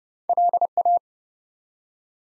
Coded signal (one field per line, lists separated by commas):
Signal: Morse code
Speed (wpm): 29 wpm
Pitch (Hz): 700 Hz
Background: none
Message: LA